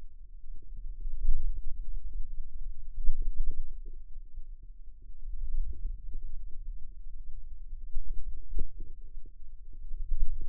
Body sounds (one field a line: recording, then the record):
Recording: forearm muscle sounds (acoustic myography)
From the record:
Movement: wrist extension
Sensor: system 2, bracelet of six BSWA MPA416 microphones around the upper forearm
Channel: 1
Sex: female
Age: 22 years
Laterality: right